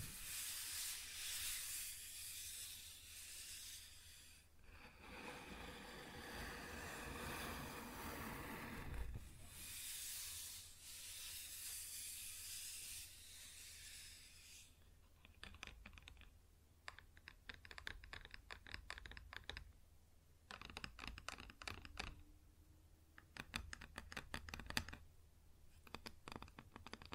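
Tapping and scratching on a wooden surface. The first fifteen seconds are dense, steady scraping with a bright hiss, swelling louder around five to nine seconds; after that come quick bursts of crisp tapping in uneven clusters, separated by short pauses, over a low hum.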